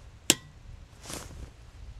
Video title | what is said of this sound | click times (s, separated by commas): Как Затянуть Гайки и Болты По Красоте? Теперь Ни Одной Сорванной Резьбы! | слышен щелчок | 0.3 s